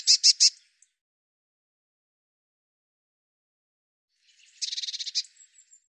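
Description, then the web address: Eurasian blue tit giving three quick scratchy notes, then after a long silence a rapid buzzy churr of pulsed notes followed by a few faint ticks. "cianscape birddata Deverinetal 2025 File cleaned normalized Bird Cy Ca"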